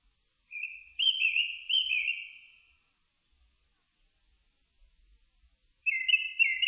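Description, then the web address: Japanese thrush song: a run of clear, fluty whistled notes lasting about two seconds, then silence before another whistled phrase begins near the end. Recorded on 4 May 2001. "2001 010504 kurotugumi"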